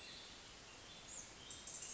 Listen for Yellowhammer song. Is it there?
no